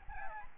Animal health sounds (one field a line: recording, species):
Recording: mosquito wingbeat signal from an infrared sensor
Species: Aedes albopictus